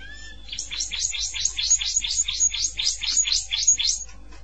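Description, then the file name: Canary song: a fast rolling trill of repeated sweeping notes, like a bubbling roll, over a faint low hum. "Canary Voice"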